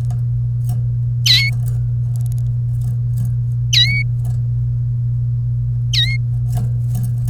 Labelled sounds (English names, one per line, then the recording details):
Domestic Canary song
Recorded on 1 May 2018 at 13:13
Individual llb3